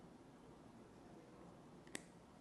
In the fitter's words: bam just clicks into place all right so